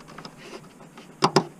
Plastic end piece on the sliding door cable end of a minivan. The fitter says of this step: thing I'm gonna do is snap this piece on that snaps